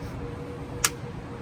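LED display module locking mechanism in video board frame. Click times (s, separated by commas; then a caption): 0.8 s. An LED display panel module is locked back into its video board frame with the tool, and its locking mechanism gives one short, sharp click at 0.9 s (shown as 0.85 s in the source) over a steady low background hum. The module is seated and locked in place.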